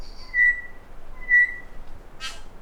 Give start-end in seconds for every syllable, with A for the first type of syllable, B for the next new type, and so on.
0.21-0.51 A, 1.14-1.46 A, 2.18-2.38 B